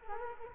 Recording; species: mosquito wingbeat signal from an infrared sensor; Culex quinquefasciatus